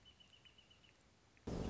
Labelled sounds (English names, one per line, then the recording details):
Wrentit
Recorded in Sonoma County, California